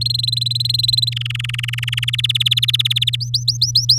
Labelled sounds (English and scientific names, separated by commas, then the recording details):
Domestic Canary (Serinus canaria) song
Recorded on 9 May 2018 at 07:24
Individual llb16